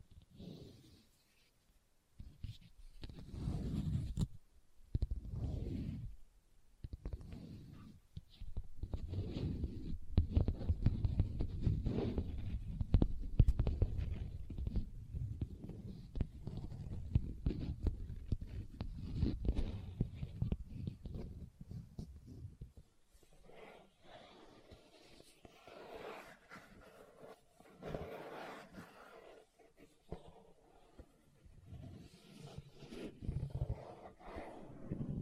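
Leather is tapped and scratched in dense, uneven bursts of dull, low thuds and rubbing, busiest and loudest from about 8 to 20 seconds. After roughly 23 seconds the handling turns quieter and sparser, with lighter, brighter scratches and scattered soft taps.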